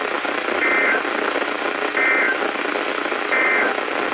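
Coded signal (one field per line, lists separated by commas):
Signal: Emergency Alert System (SAME) tones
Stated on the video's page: Winter hazard alerts from NOAA weather radio KHB36 (162.550) and WXM42 (162.475), received on consumer weather radios; WXM42 signal is poor.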